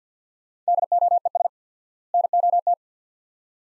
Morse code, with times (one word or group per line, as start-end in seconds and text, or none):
0.7-1.5 DOES
2.1-2.7 NOT